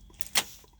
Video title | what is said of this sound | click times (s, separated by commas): SPRINTER T21 RECALL ?? 🤔 Some Answers 😉 🤘 😎👍 | And did you hear it click? | 0.2 s, 0.4 s